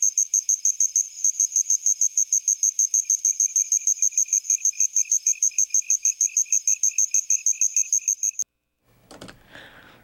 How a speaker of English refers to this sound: What we just heard was a little bit of cricket from Île de la Réunion.